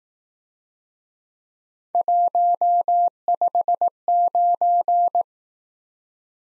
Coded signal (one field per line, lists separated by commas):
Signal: Morse code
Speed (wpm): 18 wpm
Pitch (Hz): 700 Hz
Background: none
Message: 159